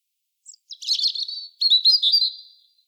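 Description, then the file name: European robin song: high notes open a phrase of fast, thin warbling and rattled trills, followed by sustained twitters. "Erithacus rubecula"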